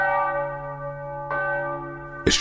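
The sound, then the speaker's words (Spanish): Heavy iron bells toll slowly, each deep strike leaving a long, humming ring of overtones; a second stroke follows about a second later, then a sharper, louder clang near the end. “Escuchad el tañido de las campanas, campanas de hierro.”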